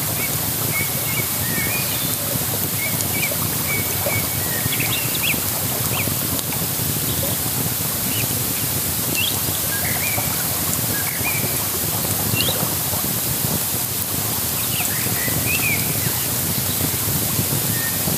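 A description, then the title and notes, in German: Steady crackling and rushing water fill the scene while birds chirp and twitter brightly and often throughout, over a constant dense hiss. Lagerfeuer an der Isar.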